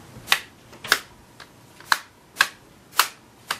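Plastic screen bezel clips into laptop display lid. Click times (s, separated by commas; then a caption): 0.3 s, 0.9 s, 1.9 s, 2.4 s, 3.0 s, 3.5 s. The plastic screen bezel of an Acer Aspire 5740 laptop is pressed along its edge around the LCD, and its clips snap into the display lid one after another. Six sharp plastic clicks sound at 0.3, 0.9, 1.9, 2.4, 3.0 and 3.5 seconds over a quiet background. The bezel clips are seated in place.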